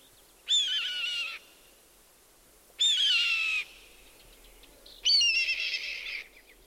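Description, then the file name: Red-tailed hawk screaming three times, each a hoarse, raspy, slightly descending kee-ahh lasting about a second, spaced roughly two seconds apart. "Red tailed Hawk Buteo jamaicensis"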